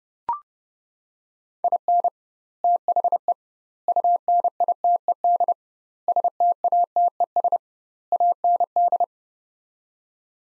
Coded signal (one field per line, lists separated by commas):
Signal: Morse code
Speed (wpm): 30 wpm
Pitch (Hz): 700 Hz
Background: none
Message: IN THE UNITED STATES AND